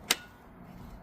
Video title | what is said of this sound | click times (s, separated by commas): Setting up your Kobalt Brushless/ Cordless Circular Saw #lowes #kobalttools #homeimprovement | Pop your battery in place till it clicks. | 0.1 s